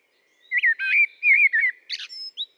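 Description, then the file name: Common blackbird giving one short phrase: wavering, fluty whistles sliding up and down, then a brief scratchy burst and a high thin note. "Turdus merula"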